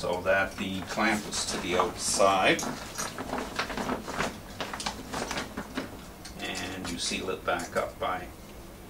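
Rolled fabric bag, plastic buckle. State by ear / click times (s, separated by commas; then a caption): not seated / none. Someone talks while handling a Lowepro waterproof roll-top dry bag, winding the top down so the clamp faces outside, ahead of bringing its plastic side-release snap buckle back together. Brief rustling and handling knocks are heard between about 3.2 and 5.8 seconds, but the buckle has not snapped shut or clicked yet.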